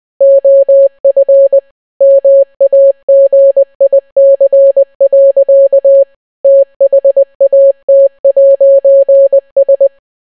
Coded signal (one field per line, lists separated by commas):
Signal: Morse code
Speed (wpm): 20 wpm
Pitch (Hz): 550 Hz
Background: none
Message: OF MAGIC. THAT'S